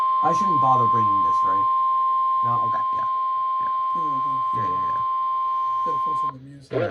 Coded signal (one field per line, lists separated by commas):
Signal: Emergency Alert System (SAME) tones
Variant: 1050 Hz attention tone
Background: speech